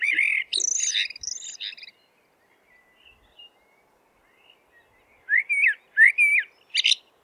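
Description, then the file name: Eurasian blackbird singing: a dense burst of fluty and squeaky notes, a pause, then a rich whistled phrase ending in a high twitter. "merel zang"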